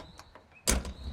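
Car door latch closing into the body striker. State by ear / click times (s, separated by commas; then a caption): partly seated / 0.7 s. A micro-car door is closed gently and its latch catches on the body striker at 0.7 s, but only at the first stage. The door is half closed, locked but not pressed all the way in. Small ticks come before the catch, and a sharp click follows near the end.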